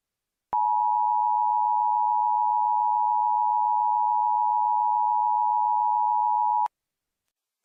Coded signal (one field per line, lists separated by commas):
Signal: Emergency Alert System (SAME) tones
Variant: 853 and 960 Hz attention tone